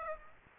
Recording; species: mosquito wingbeat signal from an infrared sensor; Aedes aegypti